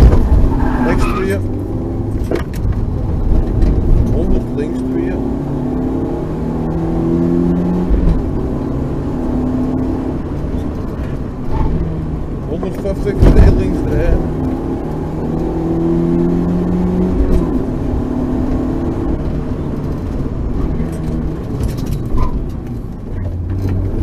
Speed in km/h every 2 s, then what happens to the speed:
46, 48, 71, 83, 90, 62, 67, 80, 89, 86, 38, 29.
0-7 speeds up to 90. 7-10 brakes to 62. 11-17 speeds up to 89. 17-21 brakes to 29.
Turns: 19-24.